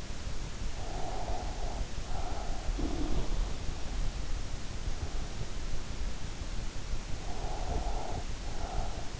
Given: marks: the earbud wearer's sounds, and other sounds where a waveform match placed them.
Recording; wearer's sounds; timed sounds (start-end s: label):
sounds in sleep by an in-ear microphone; breath
0.89-2.80 s: breath
2.61-3.55 s: sound from someone else or the room
7.09-9.20 s: breath